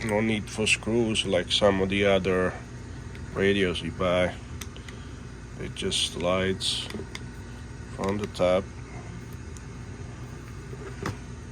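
A plastic belt clip is slid on from the top of a Retevis RB17P handheld radio, with no screws needed, while someone talks. Brief handling ticks are heard around 4.6, 4.8, 4.9, 9.6 and 11.1 seconds. The clip has not yet snapped into place; nothing has seated or clicked yet.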